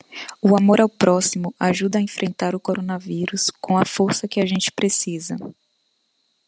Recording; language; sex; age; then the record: spoken sentence; Brazilian Portuguese; female; 30 to 39 years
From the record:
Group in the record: control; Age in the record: 30 years